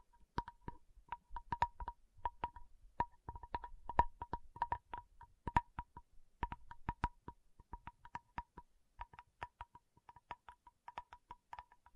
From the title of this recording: Tapping Session (No Talking)